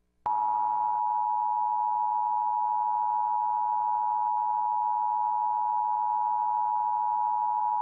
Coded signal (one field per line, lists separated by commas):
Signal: Emergency Alert System (SAME) tones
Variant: 853 and 960 Hz attention tone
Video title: Emergency Alert System Error on WNYW! Radio ad plays!